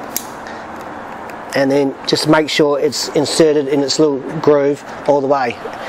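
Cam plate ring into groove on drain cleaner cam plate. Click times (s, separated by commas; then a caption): 0.2 s. A cam plate ring is pressed back onto the cam plate of a Marco drain cleaning machine with a screwdriver, and one sharp click at 0.2 s marks it seating into its groove. Someone then talks over a low background hum.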